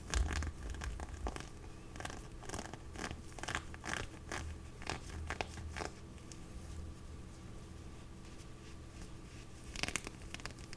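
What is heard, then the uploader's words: A glove scratches in short, dry rasping strokes, busy through the first six seconds, then quieter with a sharp burst near ten seconds, over a low hum. Glove Scratching.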